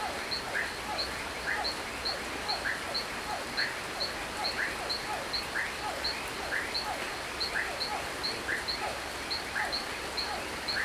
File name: Chuva em chacara a noite grilo bem perto, sapos